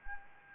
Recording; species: mosquito wingbeat signal from an infrared sensor; Anopheles gambiae